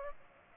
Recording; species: mosquito wingbeat signal from an infrared sensor; Aedes aegypti